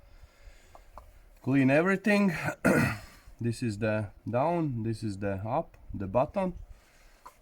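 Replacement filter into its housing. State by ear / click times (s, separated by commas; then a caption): seated / 7.3 s. A replacement filter is pushed into its cleaned housing on a BMW F10 535d after being oriented by its down side, up side and button, while someone talks. A short click at 7.3 s shows the filter has snapped into place and is seated.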